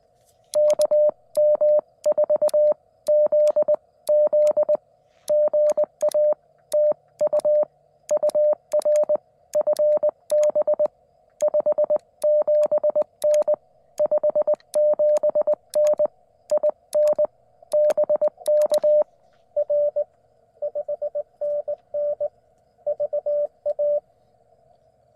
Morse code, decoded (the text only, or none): KM4ZZ GA TU UR FB 57N 57N IN BK R 5NN VA